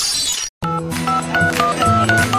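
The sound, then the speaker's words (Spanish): A short burst of hissy noise cuts to silence, then a quick run of telephone keypad dialing tones follows, steady dual-pitched beeps changing rapidly, several digits in a row. “¿tú sabes cómo va a funcionar la nueva marcación telefónica?”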